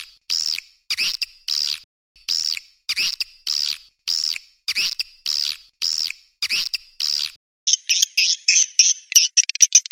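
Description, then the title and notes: Swiftlet calls: similar high chirps repeated in a steady series, then a quick run of fast twittering notes at the end. Sound used for swiftlet farming in Asia. "Swiflet Bird Sound. Farming Swiflet Bird asia sound"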